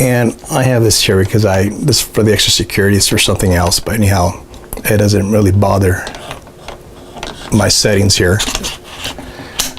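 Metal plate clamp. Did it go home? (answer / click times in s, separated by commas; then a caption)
yes / 9.6 s. Someone talks while a Canon 1DX Mark II camera on its quick-release plate is slid into the mounting clamp of a Zhiyun Crane 2 gimbal, with a few small mechanical knocks along the way. At 9.6 s a sharp, loud click sounds as the plate seats, the click listened for to confirm the camera is secure.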